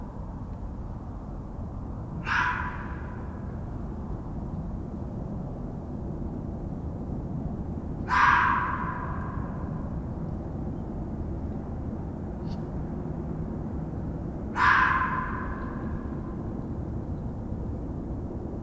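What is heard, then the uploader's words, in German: A steady low rumble runs throughout while three sharp, echoing bark-like calls ring out roughly every six seconds, with one faint click between. Frühlingserwachen mit Vogel, Fuchs & Co. Morgenrituale im Wald: Es brummt und summt, es raschelt und tiriliert.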